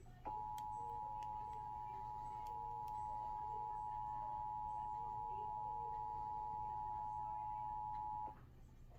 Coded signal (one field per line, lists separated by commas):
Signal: Emergency Alert System (SAME) tones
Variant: 853 and 960 Hz attention tone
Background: speech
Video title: WEEKLIES TESTINGS... EAS Alerts From 11/25 - 11/27/24 (EAS#1,973 - #1,985)